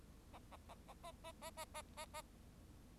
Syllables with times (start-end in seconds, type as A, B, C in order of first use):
0.33-0.39 A, 0.51-0.56 A, 0.69-0.74 A, 0.88-0.94 A, 1.03-1.12 A, 1.24-1.32 A, 1.42-1.50 A, 1.57-1.65 A, 1.74-1.82 A, 1.97-2.05 A, 2.14-2.21 A